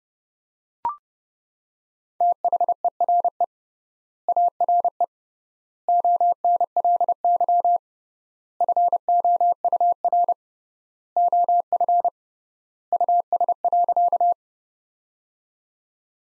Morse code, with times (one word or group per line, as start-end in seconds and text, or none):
2.2-3.4 THERE
4.3-5.0 ARE
5.9-7.8 ONLY
8.6-10.3 FOUR
11.2-12.1 OF
12.9-14.3 US.